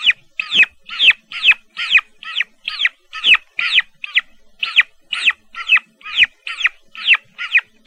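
Turkey chicks peeping, piercing downslurred chirps in a brisk, fairly even run of roughly two notes a second.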